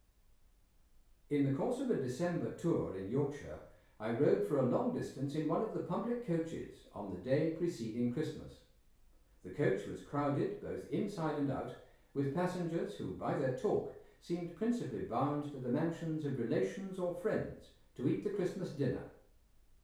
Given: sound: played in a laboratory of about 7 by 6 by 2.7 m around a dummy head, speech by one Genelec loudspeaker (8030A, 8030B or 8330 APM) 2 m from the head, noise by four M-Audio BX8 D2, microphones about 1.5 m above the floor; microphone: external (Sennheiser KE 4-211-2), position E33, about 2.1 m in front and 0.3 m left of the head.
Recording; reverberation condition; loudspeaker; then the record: male speech in English; medium; 60 degrees to the left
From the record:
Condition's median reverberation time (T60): about 510 ms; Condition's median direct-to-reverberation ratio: about -0.5 dB